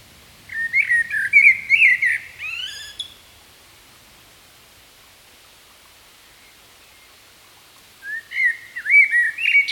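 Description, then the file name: Common blackbird singing two phrases of fluted, warbling whistles, the first ending in a thin high flourish, separated by roughly five seconds of quiet. "Turdus merula"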